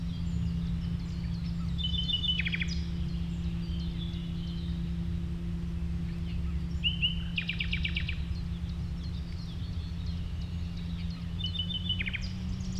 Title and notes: Westlicher Düppeler Forst, Germany - nachtigall und andere voegel. a nightingale and other birds at the promenade